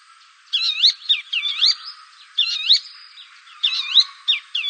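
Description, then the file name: Bronze sunbird song: rapid, twittering bursts of high, swooping and looping notes, in three clusters separated by short pauses. "suara bronze sunbird"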